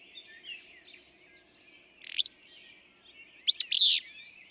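Willow flycatcher song, two burry, explosive phrases standing out against a steady background of other songbirds.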